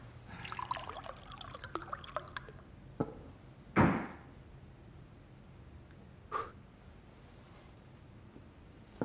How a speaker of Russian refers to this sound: Виктор в недоумении наливает себе коньяк.